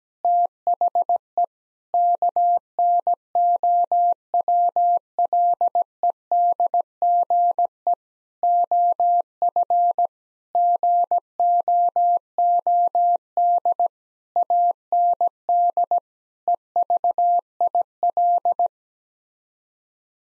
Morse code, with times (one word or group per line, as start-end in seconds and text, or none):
0.2-1.4 THE
1.9-7.9 KNOWLEDGE
8.4-10.1 OF
10.6-13.9 GOOD
14.4-16.0 AND
16.5-18.7 EVIL